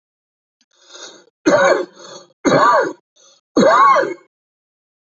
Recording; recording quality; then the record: heavy voluntary cough; excellent, no background noise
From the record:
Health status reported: healthy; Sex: male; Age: 70 years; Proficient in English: yes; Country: India